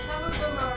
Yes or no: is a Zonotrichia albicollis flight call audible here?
no